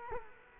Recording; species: mosquito wingbeat signal from an infrared sensor; Culex quinquefasciatus